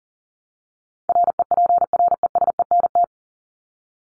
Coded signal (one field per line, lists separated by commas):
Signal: Morse code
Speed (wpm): 40 wpm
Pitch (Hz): 700 Hz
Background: none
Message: REPRESENT